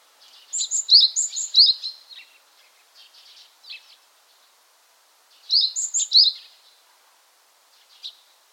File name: Parus varius